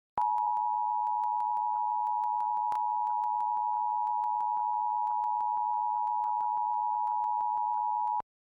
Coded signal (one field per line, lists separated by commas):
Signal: Emergency Alert System (SAME) tones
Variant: 853 and 960 Hz attention tone